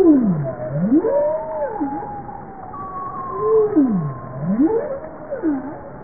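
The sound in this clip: Bowhead whale moans sliding deep down and back up in U-shaped sweeps, two about three seconds apart, ending in short wavering turns, with faint steady tones behind.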